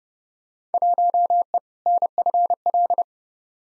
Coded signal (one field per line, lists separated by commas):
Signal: Morse code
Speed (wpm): 30 wpm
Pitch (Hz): 700 Hz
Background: none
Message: 1E NFL